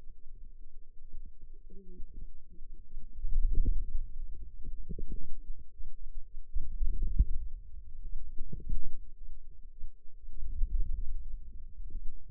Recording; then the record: forearm muscle sounds (acoustic myography)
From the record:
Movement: wrist flexion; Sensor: system 2, bracelet of six BSWA MPA416 microphones around the upper forearm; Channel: 2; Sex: female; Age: 21 years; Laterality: right